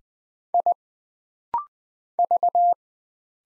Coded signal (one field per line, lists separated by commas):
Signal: Morse code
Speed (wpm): 20 wpm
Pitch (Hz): 700 Hz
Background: none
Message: I V